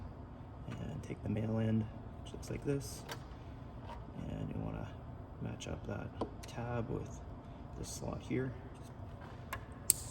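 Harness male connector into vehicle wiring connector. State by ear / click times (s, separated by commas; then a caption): seated / 9.9 s. Someone talks while the male end of a new Gen5diy DRL relocate harness for a refreshed 2022 Silverado without OEM LED headlights is lined up tab-to-slot with the vehicle's plastic wiring connector and pushed in. A sharp click at 9.9 s marks the connector seating, before the red lock tab is raised.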